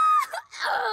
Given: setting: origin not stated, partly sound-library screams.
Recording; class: one-second piece from a danger detection set; woman in danger